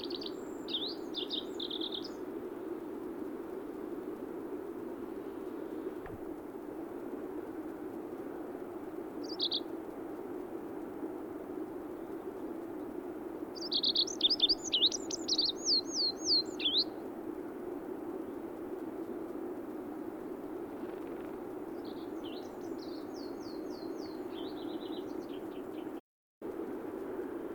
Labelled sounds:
Olive-backed Pipit (Anthus hodgsoni) song
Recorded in the wild
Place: Dzhalmyn, MN
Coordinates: 48.166, 107.736
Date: 1979-06-11
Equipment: Nagra III BH, Sennheiser MD 21, parabola
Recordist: Schubert, Michael

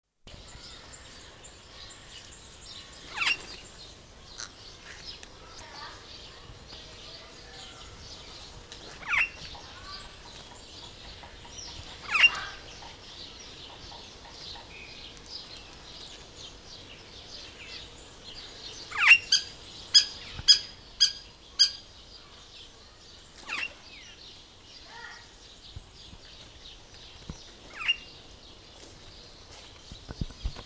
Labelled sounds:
Purple Starling (Lamprotornis purpureus) call
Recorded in captivity
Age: adult
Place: Tiergarten Heidelberg, Baden-Württemberg, DE
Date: 2000-09-27 17:57
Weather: overcast, 16 - 17°C
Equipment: Nagra SN, Kopie Uher 4000 Report Monitor
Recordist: Tembrock, Günter

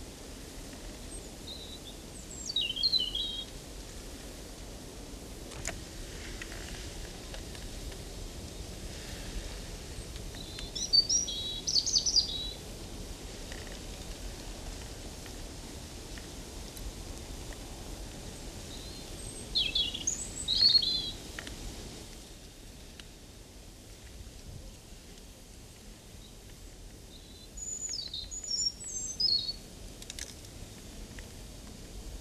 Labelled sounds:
European Robin (Erithacus rubecula) song
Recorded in the wild
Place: Locarno, Tessin, CH
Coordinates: 46.1689, 8.78861
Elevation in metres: 214
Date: 1978-03-10
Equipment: Uher 4000 Report
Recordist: Tretzel, Erwin

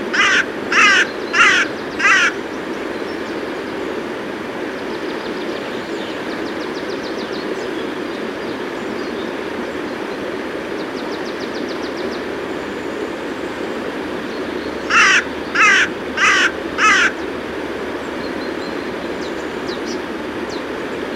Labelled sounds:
Carrion Crow (Corvus corone) call
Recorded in the wild
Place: Thale, Sachsen-Anhalt, DE
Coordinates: 51.731, 11.063
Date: 1978-05-05 05:25
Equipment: Nagra III BH, Sennheiser MD 21, parabola
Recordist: Schubert, Michael

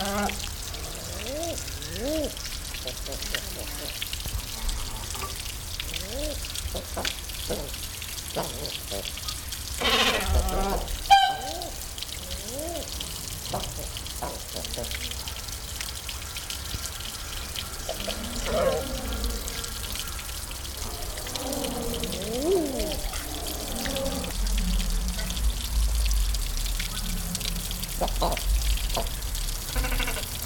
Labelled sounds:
Great Cormorant (Phalacrocorax carbo) call
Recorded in captivity
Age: adult
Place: Zoo Halle, Sachsen-Anhalt, DE
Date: 1997-03-22 16:53
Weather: Schnee bis Regen, um 0°C
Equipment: Sony MD-WM MZ-R3, Sennheiser MKH 416 T, Kopie Uher 4000 Report Monitor
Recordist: Tembrock, Günter

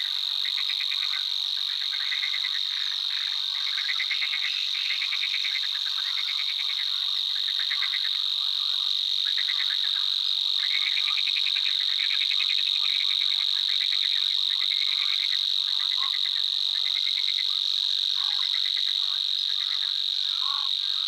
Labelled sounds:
Savi's Warbler (Locustella luscinioides) song
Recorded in the wild
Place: Nagyivan / Hortobagy, HU
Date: 1988-05-20
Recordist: Schwarz, Dieter
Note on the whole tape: Song

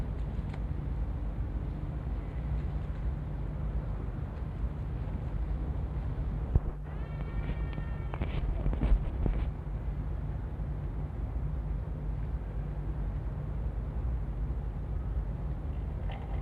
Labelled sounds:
Chamois (Rupicapra rupicapra) call
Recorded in captivity
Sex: male
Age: adult
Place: Zoo Berlin, Berlin, DE
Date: 1960-10-01 17:00
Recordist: Tembrock, Günter

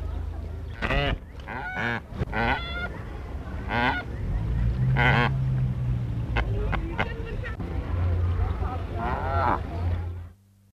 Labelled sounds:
Imperial Shag (Leucocarbo atriceps) call
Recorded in captivity
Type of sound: call
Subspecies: albiventer
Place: Zoo Zürich, CH
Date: 1968-08-05
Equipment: Halbspur, 9,5 cm/s
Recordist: Lütgens, Hans
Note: Rufe

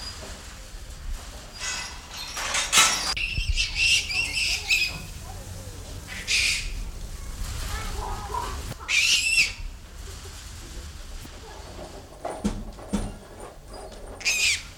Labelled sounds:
Gray-cheeked Mangabey (Lophocebus albigena)
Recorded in captivity
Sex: pair
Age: adult
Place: Zoo Berlin, Berlin, DE
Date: 1994-09-10 14:17
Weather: bedeckt, 15°C, z.T. Regen
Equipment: Marantz CP 430, Sennheiser ME 80, Kopie Uher Variocord 263
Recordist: Tembrock, Günter

